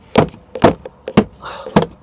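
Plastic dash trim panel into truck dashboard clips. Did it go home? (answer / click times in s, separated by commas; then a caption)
no / none. A plastic dash trim panel on a Peterbilt 579 truck dashboard is swung around and forced into its clips after the camera cable is routed, with no screw supplied to hold it. Four sharp plastic thumps land near 0.2, 0.6, 1.2 and 1.8 seconds, with a faint hiss between the last two. The panel has not snapped into place yet; nothing has seated or clicked.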